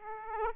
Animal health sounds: mosquito wingbeat signal from an infrared sensor; Aedes aegypti

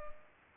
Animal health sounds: mosquito wingbeat signal from an infrared sensor; Culex pipiens

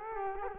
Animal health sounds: mosquito wingbeat signal from an infrared sensor; Culex quinquefasciatus

